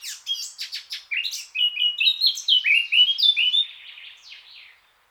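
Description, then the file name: Eurasian blackcap song: a few sharp chip notes, then a rich, flowing series of loud fluty whistles that fade away at the end. "Sylvia atricapilla"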